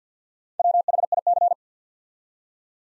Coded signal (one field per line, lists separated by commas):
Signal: Morse code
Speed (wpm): 50 wpm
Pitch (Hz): 700 Hz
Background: none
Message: WHIC